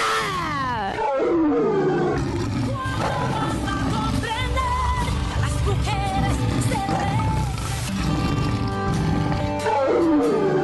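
A lion roars loudly and repeatedly, deep rumbling growls swelling and falling over a dense, sustained layer of sound, with no talking throughout.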